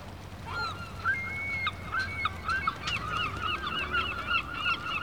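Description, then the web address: Gull calls, harsh wavering cries repeated almost continuously in overlapping series, with a low rumbling background. Seagulls in a harbour atmosphere, a rural exterior. "BBC Sound Effects Library - Complete 60 CDs Collection Sound Effects Library (Exterior Atmospheres-Rural Backg) Seagulls Harbor Atmosphere"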